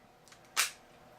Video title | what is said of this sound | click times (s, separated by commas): Cleaning Your 2 0 Keurig Coffee Maker and Different Coffee Filters | it you heard it click it's in there it's ready to go | 0.6 s